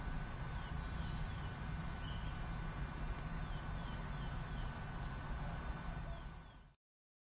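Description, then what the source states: Birds give a few sharp high chips, with softer calls between, over a steady low hum. Many birds, Bexar County, Texas, 19 March 2006, afternoon.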